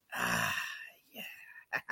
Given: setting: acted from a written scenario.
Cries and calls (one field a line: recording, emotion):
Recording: vocal sound without words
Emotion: pride